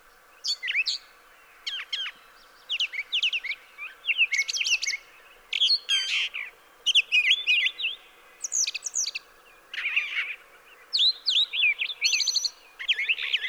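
Brown thrasher song of many distinct, harsh and whistled phrases, each burst separated by short gaps, the variety continuing throughout.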